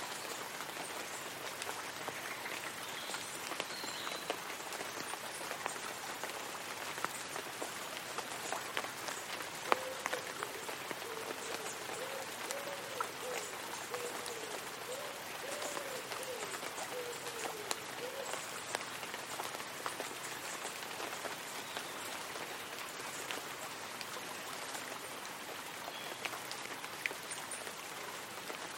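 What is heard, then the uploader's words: Light rain patters steadily on a tree and an umbrella, a dense fizz of small drops with brief faint voice-like murmurs near the middle. Light raindrops on tree & umbrella.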